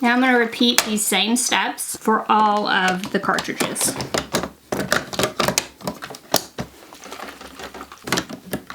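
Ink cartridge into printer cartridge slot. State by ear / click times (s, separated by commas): not seated / none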